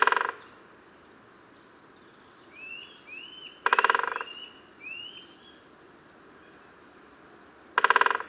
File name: Great Spotted Woodpecker XC 28028 Dendrocopos major